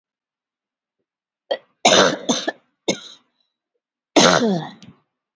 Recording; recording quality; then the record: heavy voluntary cough; excellent, no background noise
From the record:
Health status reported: healthy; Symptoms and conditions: breathing difficulty, hypertension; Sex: female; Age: 73 years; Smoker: no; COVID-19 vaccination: both doses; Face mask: worn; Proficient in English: yes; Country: India